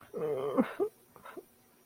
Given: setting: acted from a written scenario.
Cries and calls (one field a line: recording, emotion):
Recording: vocal sound without words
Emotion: sadness